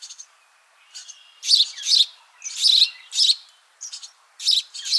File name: Passer domesticus